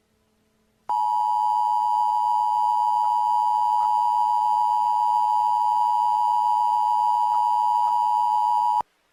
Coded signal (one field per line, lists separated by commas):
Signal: Emergency Alert System (SAME) tones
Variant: 853 and 960 Hz attention tone